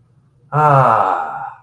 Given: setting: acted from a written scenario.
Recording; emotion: vocal sound without words; ecstasy